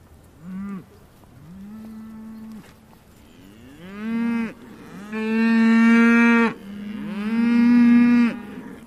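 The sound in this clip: Cattle mooing, several long drawn-out lowing calls, the later ones louder and rising at the start before holding steady.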